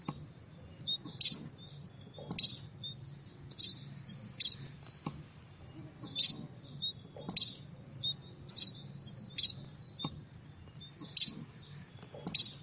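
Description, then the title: Red-throated parrotfinch calling: a series of brief, very high, thin chirps at fairly regular intervals, over a soft low hum. "Erythrura Psittacea"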